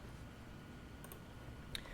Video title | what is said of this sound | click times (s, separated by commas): Let's Build LIVE - Star Trek Communicator @adafruit #3DPrinting | so they just snap into place like that and they hold on there very well | 1.8 s